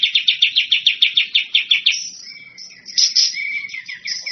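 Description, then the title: Bird song opening with about a dozen quick, evenly spaced chirps, then varied whistled and slurred notes with short trills. Masteran bird-song compilation, described as the most complete. "Masteran burung terlengkap"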